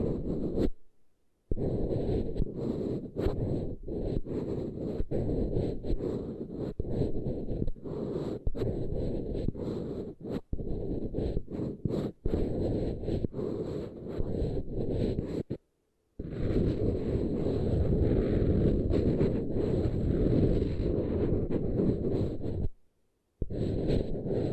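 ASMR eardrum treatment: a dense, rumbling rush of rubbing and brushing runs almost without pause, peppered with quick crackles and taps. It cuts to silence briefly near the start, around sixteen seconds, and again just before the end.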